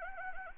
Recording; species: mosquito wingbeat signal from an infrared sensor; Anopheles arabiensis